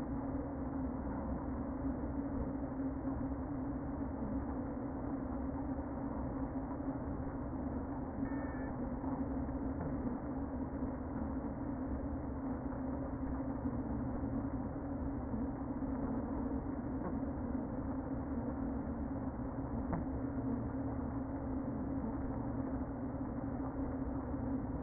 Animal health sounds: honeybee colony, microphone inside the hive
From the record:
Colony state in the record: queen present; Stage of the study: before two queens were removed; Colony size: about 60,000 bees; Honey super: yes

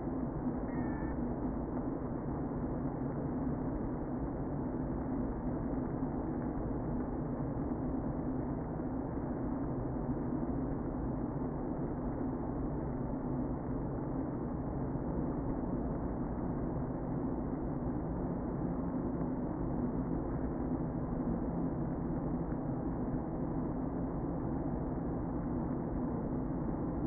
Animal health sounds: honeybee colony, microphone inside the hive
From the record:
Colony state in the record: queen present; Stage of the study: before two queens were removed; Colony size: about 60,000 bees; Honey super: yes

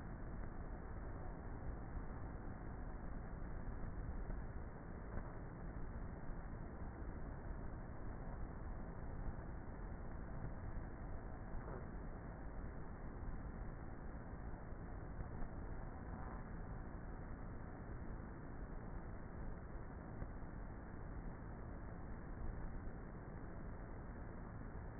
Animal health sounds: honeybee colony, microphone inside the hive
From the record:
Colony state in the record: queenless with a low population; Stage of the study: before two queens were removed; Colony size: about 30,000 bees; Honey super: no

